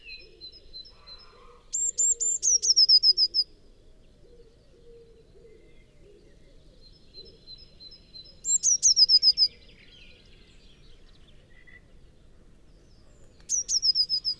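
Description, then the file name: Eurasian blue tit song: a thin introductory note then a fast high trill, given three times at roughly six-second intervals, faint other birds in the background. "Cyanistes caeruleus"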